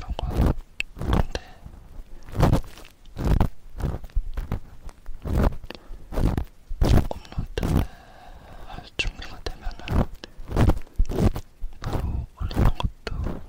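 Ear cleaning with a sticky ear pick and cotton swab, with soft whispering. Short, dense crackling scrapes and sticky rubbing bursts arrive every half second or so throughout, some sharper and louder than others, separated by brief quiet gaps.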